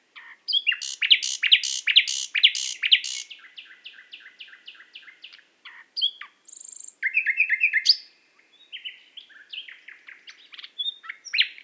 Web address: SETE data Luscinia megarhynchos